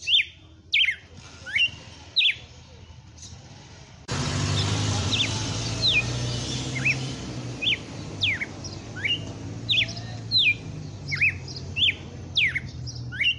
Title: Canto Galo Campina Fêmea. Galo de campina FENRIR no AÇOITE SELVAGEM